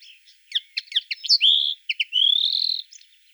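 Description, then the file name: Common linnet singing a short phrase: several quick chirps, a drawn-out note, two more chirps, a longer slightly rising note, then a final chirp. "konoplyanka obyknovennaya golos"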